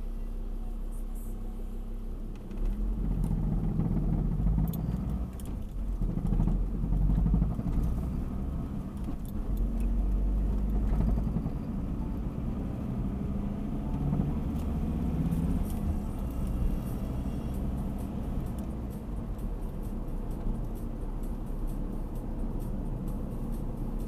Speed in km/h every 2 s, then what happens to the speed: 0, 7, 14, 21, 27, 33, 40, 45, 49, 49, 47, 45.
1-16 pulls away to 49. 16-24 steady at about 47.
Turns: none.